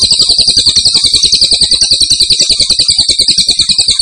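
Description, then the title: Grey-cheeked tit-babbler delivering a continuous, shrill, evenly pulsed trill throughout. Actively singing (gacor) with a strong voice. "Cililin AMPUH. Cililin Gacor Suara Mantap"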